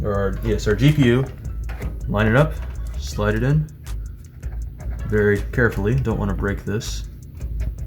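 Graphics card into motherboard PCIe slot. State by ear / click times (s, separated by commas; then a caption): not seated / none. A graphics card is lined up by its notch and slid carefully toward a motherboard PCIe slot while someone talks over background music. A string of faint, evenly spaced ticks sounds from about 3.9 to 4.8 seconds, with two more at 7.2 and 7.8 seconds. The card has not seated or clicked into the slot yet.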